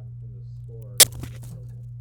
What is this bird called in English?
Domestic Canary